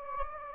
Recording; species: mosquito wingbeat signal from an infrared sensor; Anopheles gambiae